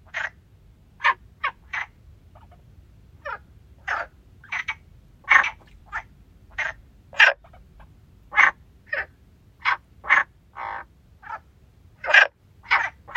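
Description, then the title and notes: Frogs giving many short clipped croaks, spaced unevenly, a steady chorus over faint background noise. Frogs singing by the stone bridge at Lagoa de Traba lagoon. "Lagoa De Traba Rás. Rás cantando na Lagoa de Traba. Gravación das rás cantando no ponte de pedra da Lagoa de Traba"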